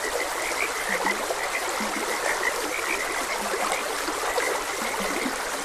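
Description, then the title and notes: Frogs croaking in a dense chorus of rapid, mid-pitched pulses, with lower throaty croaks now and then over a steady rush of flowing water. Frogs croaking beside a gentle stream. "Frogs Croaking. Sleep and Relaxation Podcast"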